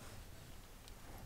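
While adjusting the turbo wastegate on a Ford 7.3 Powerstroke, a metal actuator rod/linkage is worked back onto the wastegate arm over a steady low rumble with faint ticking. A brief loud burst comes right as the clip cuts off at 1.3 s. The linkage is still being handled, and nothing has seated or clicked into place yet.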